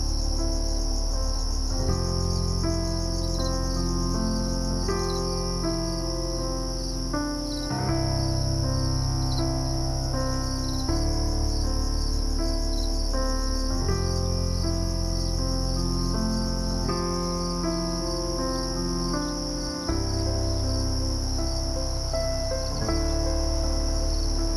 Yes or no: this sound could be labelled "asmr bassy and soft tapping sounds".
no